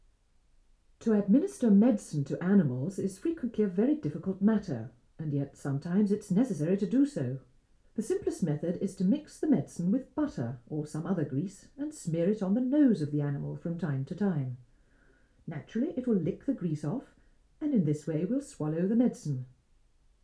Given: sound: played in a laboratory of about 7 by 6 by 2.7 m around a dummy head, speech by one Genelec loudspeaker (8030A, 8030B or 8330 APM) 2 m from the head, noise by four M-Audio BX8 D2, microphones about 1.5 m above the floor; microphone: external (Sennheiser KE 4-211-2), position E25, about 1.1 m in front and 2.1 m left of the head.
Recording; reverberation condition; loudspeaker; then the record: female speech in English; low; 60 degrees to the left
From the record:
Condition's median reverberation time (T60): about 310 ms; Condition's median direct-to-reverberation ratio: about 3.5 dB